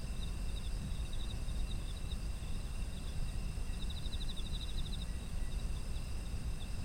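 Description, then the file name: Insect chorus: constant high ringing tones with a stronger pulsed trill midway through, against a low steady rumble. Ambient sound of autumn insects. "秋の虫の環境音"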